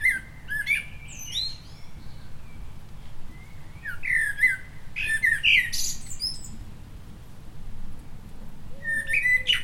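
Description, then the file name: Common blackbird singing: mellow fluted phrases that break into high squeaky twittering, with pauses between phrases over a steady low rumble of background noise. "Turdus merula"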